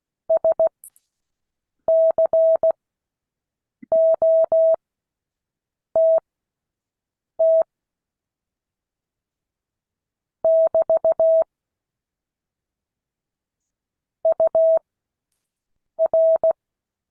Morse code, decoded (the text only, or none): SCOTT <BT> UR